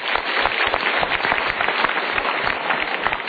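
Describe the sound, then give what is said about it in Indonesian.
An audience claps steadily for option A, a dense wash of many hands with rapid, irregular pats sustained for a few seconds without any talk over it. “Untuk pilihan A, kita berikan tepuk tangan.”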